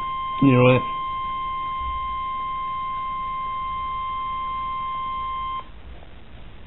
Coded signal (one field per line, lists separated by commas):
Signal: Emergency Alert System (SAME) tones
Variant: 1050 Hz attention tone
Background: speech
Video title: NOAA Weather Radio - EAS #18 & #19 - Blizzard Warning - 2-1-11